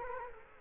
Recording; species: mosquito wingbeat signal from an infrared sensor; Culex quinquefasciatus